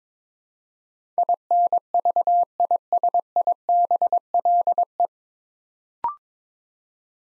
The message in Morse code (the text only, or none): INVISIBLE